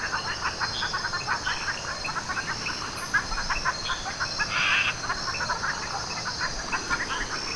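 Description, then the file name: Frog chorus: many short clicking and tapping notes in rapid, overlapping rhythms, with a steady high insect-like hiss throughout. Chorus recorded on 12 July 2010. "Frog Chorus Canopy Lodge"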